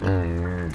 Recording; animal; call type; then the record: contact call of a hoofed animal; wild boar; grunt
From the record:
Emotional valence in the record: positive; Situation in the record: food anticipation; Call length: 0.75 s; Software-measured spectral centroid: 1510 Hz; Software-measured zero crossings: 850 a second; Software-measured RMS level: -24 dBFS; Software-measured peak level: -13 dBFS